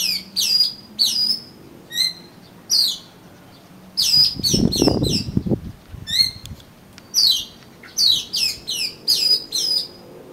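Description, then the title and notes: Oriental magpie-robin singing bright, rapid sweeping whistles in bursts, interrupted by a short low rustling or scraping noise. "suara kacer. kumpulan suara burung kacer"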